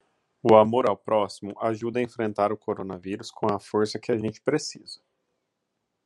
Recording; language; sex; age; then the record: spoken sentence; Brazilian Portuguese; male; 30 to 39 years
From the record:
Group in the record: control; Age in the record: 33 years